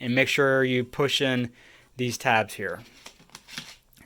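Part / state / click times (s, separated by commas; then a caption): DIMM slot retention tabs locking a memory module on a server motherboard / seated / 3.3 s, 3.6 s. Someone talks, then the plastic retention tabs on a DDR4 DIMM slot of an HP Microserver Gen 10 server motherboard are pushed in against an 8 GB memory module. Sharp clicks are heard at about 3.4 s and 3.6 s as the tabs latch, and the module is seated.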